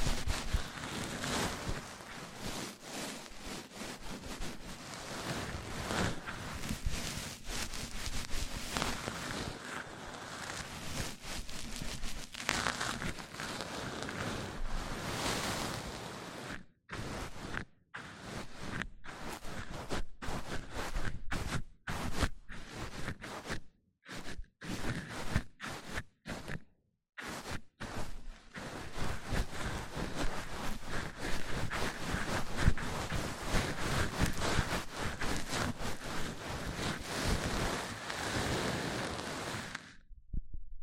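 Microphone-on-microphone triggers: dense, rough rubbing and scratching that fills the whole range from low thumps to bright hiss. It runs nearly continuous, then from about 16 to 28 seconds breaks into choppy bursts with brief silent gaps before resuming steadily.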